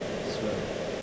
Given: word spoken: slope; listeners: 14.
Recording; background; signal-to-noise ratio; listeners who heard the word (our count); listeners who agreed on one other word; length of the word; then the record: one English word in noise, from a listening test; speech-shaped noise; -5.1 dB; 1 of 14; 7 of 14; 0.62 s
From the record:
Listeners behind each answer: 7, 2, 1, 1, 1, 1, 1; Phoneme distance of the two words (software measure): 7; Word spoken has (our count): 1 syllable, 4 phonemes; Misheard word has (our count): 1 syllable, 3 phonemes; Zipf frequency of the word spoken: 3.88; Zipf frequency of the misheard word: 4.81